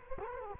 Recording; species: mosquito wingbeat signal from an infrared sensor; Culex quinquefasciatus